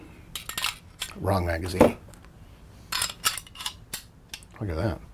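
A magazine is handled against the modded pistol grip module of a Sig P365 after the wrong magazine was tried first, with sharp metallic clicks and knocks, short scrapes, and someone talking in between. Nothing has seated or clicked into place yet.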